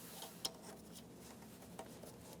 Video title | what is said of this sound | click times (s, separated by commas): How to Replace Throttle Body 2011-2019 Ford Explorer | once you press it in listen for a click give it a tug to make sure that's completely secure | 0.5 s